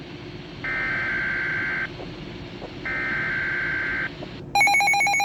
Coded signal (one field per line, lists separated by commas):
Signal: Emergency Alert System (SAME) tones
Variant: header bursts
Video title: [EAS #96-100] March 1st - Quebec Snow Squall Event